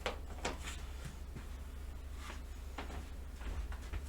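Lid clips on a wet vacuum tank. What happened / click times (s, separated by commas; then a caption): Two plastic lid clips snapped shut / 0.1 s, 0.5 s. After emptying, the plastic clips that hold the head onto the tank of a Tile Master wet vac with spray jet are refitted, giving two sharp snaps at 0.1 s and 0.5 s as they latch shut. Softer knocks follow at 2.8 s and 3.7 s over a steady low hum.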